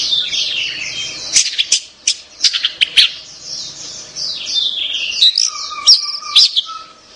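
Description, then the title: Orange-headed thrush song of high rapid twitters and clicks, ending with a few lower, level whistled notes. "Anis Merah"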